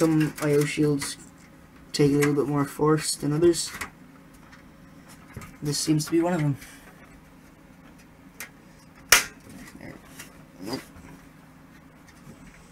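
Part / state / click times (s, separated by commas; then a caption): I/O shield into PC case rear panel opening / seated / 9.1 s. A stamped steel I/O shield is pressed harder into the rear panel opening of a PC case, since some shields need more force, while someone talks at the start. After the speech stops and a faint tap at 8.4 s, a loud, sharp snap at 9.1 s marks the shield seating into the case, followed by a few quieter knocks.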